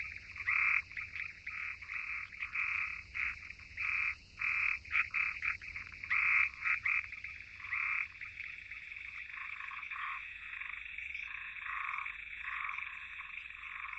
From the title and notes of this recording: Frog.